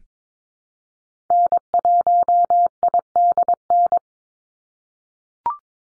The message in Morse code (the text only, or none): N1IDN